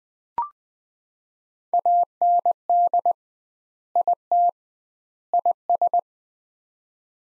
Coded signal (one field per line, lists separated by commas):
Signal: Morse code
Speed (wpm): 20 wpm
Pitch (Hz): 700 Hz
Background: none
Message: AND IT IS